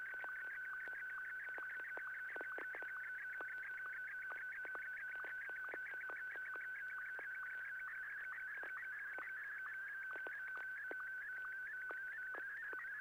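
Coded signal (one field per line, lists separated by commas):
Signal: SSTV (slow-scan television)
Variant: Martin 1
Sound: steady warbling whistle around mid pitch with rapid regular clicks and short upward chirps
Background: radio hiss, low hum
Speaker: Can you try sending that one more time? We'll see how it works. One more time, Ken.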